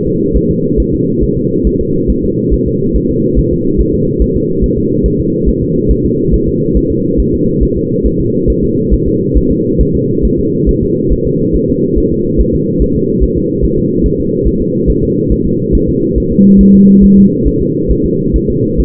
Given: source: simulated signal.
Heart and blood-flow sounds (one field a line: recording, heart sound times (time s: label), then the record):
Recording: fetal heart sounds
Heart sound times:
0.07 s: S2
0.36 s: S1
0.51 s: S2
0.80 s: S1
0.94 s: S2
1.23 s: S1
1.38 s: S2
1.67 s: S1
1.81 s: S2
2.10 s: S1
2.24 s: S2
2.54 s: S1
2.68 s: S2
2.96 s: S1
3.10 s: S2
3.39 s: S1
3.53 s: S2
3.81 s: S1
3.95 s: S2
4.22 s: S1
4.36 s: S2
4.64 s: S1
4.78 s: S2
5.06 s: S1
5.20 s: S2
5.49 s: S1
5.63 s: S2
5.91 s: S1
6.05 s: S2
6.34 s: S1
6.48 s: S2
6.77 s: S1
6.91 s: S2
7.20 s: S1
7.34 s: S2
7.63 s: S1
7.77 s: S2
8.06 s: S1
8.20 s: S2
8.50 s: S1
8.64 s: S2
8.93 s: S1
9.08 s: S2
9.37 s: S1
9.52 s: S2
9.81 s: S1
9.95 s: S2
10.25 s: S1
10.39 s: S2
10.69 s: S1
10.83 s: S2
11.12 s: S1
11.27 s: S2
11.56 s: S1
11.70 s: S2
11.98 s: S1
12.12 s: S2
12.40 s: S1
12.55 s: S2
12.82 s: S1
12.96 s: S2
13.23 s: S1
13.38 s: S2
13.64 s: S1
13.79 s: S2
14.06 s: S1
14.20 s: S2
14.47 s: S1
14.62 s: S2
14.90 s: S1
15.04 s: S2
15.32 s: S1
15.46 s: S2
15.75 s: S1
15.89 s: S2
16.18 s: S1
16.32 s: S2
16.61 s: S1
16.75 s: S2
17.04 s: S1
17.18 s: S2
17.47 s: S1
17.62 s: S2
17.91 s: S1
18.05 s: S2
18.36 s: S1
18.50 s: S2
18.80 s: S1
From the record:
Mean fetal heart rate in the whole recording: 140 bpm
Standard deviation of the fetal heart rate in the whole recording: 2 bpm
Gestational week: 34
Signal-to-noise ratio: -11.2 dB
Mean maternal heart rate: 72 bpm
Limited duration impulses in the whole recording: present